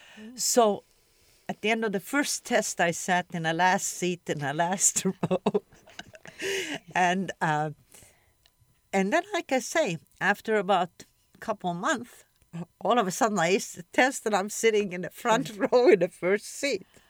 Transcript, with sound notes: So, at the end of the first test I sat in the last seat in the last row. (laughs) And um -- and then like I say, after about couple of month, all of a sudden I ace the test and I'm sitting in the front row in the first seat.